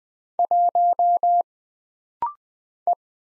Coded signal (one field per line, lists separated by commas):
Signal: Morse code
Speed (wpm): 20 wpm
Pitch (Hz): 700 Hz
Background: none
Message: 1 E